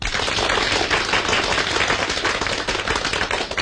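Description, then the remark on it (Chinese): An audience in a meeting hall applauds warmly, a thick, steady wash of many hands clapping at once that stays loud and even for the whole stretch, with no voices rising above it. “你们热烈鼓掌，这个掌是可以鼓的。”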